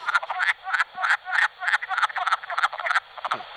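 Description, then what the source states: Wood frogs giving hoarse, duck-like quacking clucks, several calls per second in a choppy overlapping chorus. Played recording; one frog starting to quack sets off the others.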